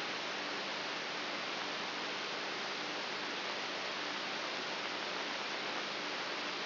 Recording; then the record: brain microelectrode recording played as sound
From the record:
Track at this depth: inside the subthalamic nucleus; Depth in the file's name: 4.04 mm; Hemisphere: right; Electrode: 3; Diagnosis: Parkinson's disease